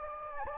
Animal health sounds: mosquito wingbeat signal from an infrared sensor; Anopheles gambiae

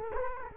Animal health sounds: mosquito wingbeat signal from an infrared sensor; Culex quinquefasciatus

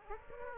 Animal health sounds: mosquito wingbeat signal from an infrared sensor; Aedes aegypti

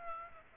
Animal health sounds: mosquito wingbeat signal from an infrared sensor; Aedes aegypti

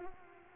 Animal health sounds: mosquito wingbeat signal from an infrared sensor; Culex pipiens

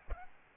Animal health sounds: mosquito wingbeat signal from an infrared sensor; Aedes albopictus

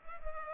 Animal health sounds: mosquito wingbeat signal from an infrared sensor; Culex pipiens

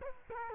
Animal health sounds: mosquito wingbeat signal from an infrared sensor; Culex quinquefasciatus

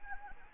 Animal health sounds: mosquito wingbeat signal from an infrared sensor; Anopheles arabiensis

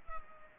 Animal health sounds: mosquito wingbeat signal from an infrared sensor; Culex pipiens

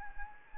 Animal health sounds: mosquito wingbeat signal from an infrared sensor; Anopheles gambiae

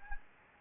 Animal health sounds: mosquito wingbeat signal from an infrared sensor; Anopheles gambiae

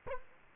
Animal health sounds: mosquito wingbeat signal from an infrared sensor; Culex quinquefasciatus

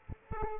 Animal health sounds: mosquito wingbeat signal from an infrared sensor; Aedes aegypti

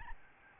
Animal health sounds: mosquito wingbeat signal from an infrared sensor; Aedes albopictus

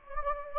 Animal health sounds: mosquito wingbeat signal from an infrared sensor; Anopheles gambiae

